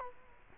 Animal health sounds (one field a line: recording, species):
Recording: mosquito wingbeat signal from an infrared sensor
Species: Culex quinquefasciatus